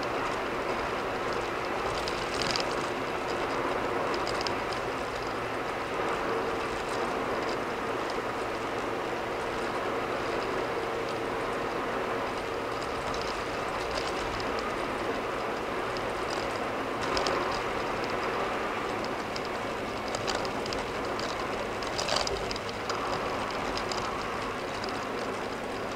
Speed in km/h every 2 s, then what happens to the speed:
92, 92, 90, 89, 89, 89, 89, 87, 87, 85, 84, 81, 81.
0-26 slows to 81.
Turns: none.